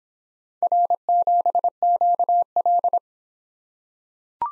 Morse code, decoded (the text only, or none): R7QL